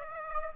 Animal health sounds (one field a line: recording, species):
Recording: mosquito wingbeat signal from an infrared sensor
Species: Aedes aegypti